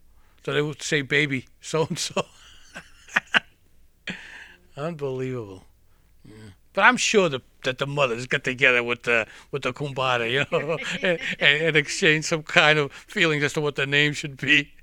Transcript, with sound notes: So they would say baby so and so. (he laughs) Unbelievable. But I'm sure that, that the mother's got together with the, with the kumbara, you know, and exchanged some kind of feeling as to what the name should be.